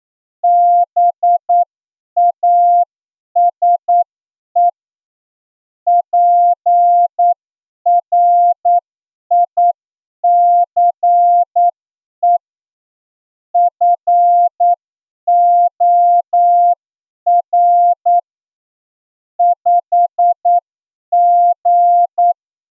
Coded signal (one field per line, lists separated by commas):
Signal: Morse code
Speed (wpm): 9 wpm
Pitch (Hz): 700 Hz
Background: none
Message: BASE PRICE FOR 5G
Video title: Are you ready for Morse code receiving Examination? (Special Edition) – ASOC Tutorials India